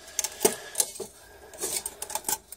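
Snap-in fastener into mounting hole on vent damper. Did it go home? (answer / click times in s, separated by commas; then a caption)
no / none. A snap-in fastener is handled and pushed against its mounting hole on a boiler vent damper after a resisted attempt, producing a series of short, sharp plastic-like ticks and taps over light background noise. Nothing has seated or clicked into place yet.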